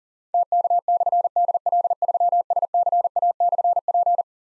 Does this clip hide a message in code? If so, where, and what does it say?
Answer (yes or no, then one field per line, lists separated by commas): yes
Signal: Morse code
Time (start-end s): 0.3-4.2 s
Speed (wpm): 39 wpm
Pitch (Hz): 700 Hz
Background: none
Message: TK/DL3SCA/P